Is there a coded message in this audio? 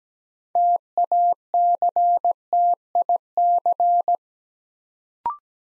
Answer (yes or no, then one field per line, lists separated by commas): yes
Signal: Morse code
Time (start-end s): 0.6-4.2 s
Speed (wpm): 17 wpm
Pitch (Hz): 700 Hz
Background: none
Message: TACTIC